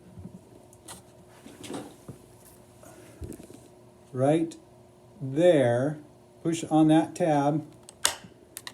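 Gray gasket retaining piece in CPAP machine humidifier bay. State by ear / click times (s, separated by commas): released / 8.1 s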